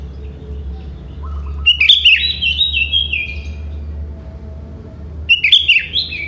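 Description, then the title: Sooty-headed bulbul singing two lively, bubbly phrases of slurred chirps falling in pitch, separated by a pause, over a steady low hum. "Kutilang"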